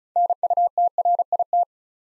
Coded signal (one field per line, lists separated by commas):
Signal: Morse code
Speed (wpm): 34 wpm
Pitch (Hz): 700 Hz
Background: none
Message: NUTRIT